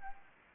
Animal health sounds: mosquito wingbeat signal from an infrared sensor; Anopheles arabiensis

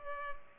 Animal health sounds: mosquito wingbeat signal from an infrared sensor; Culex pipiens

